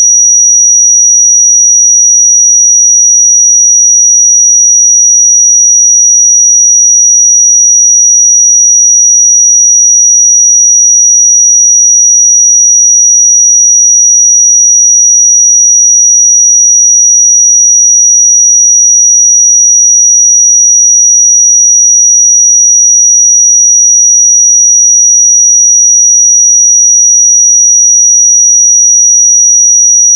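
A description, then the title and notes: A pure sine tone at 5793 Hz sounds without a break for the full thirty seconds. The pitch is high and bright, and both the pitch and the loudness stay perfectly steady, with no other sounds and no background noise. 5793 Hz 1 Hz Interval Sine Pure Tone Frequency 441000 Sample Mono.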